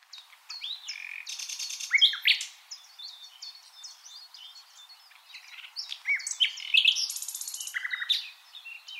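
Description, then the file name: Common nightingale singing: a harsh, buzzy high burst, then sweeping whistled phrases and rapid note runs. "Luscinia megarhynchos"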